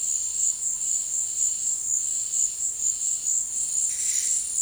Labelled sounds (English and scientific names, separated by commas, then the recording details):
none
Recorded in dense forest near Puerto Asís, Putumayo, Colombia, on 19 February 2024 at 13:00
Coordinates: 0.472, -76.329
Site G6394